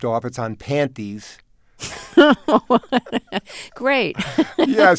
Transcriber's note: laughter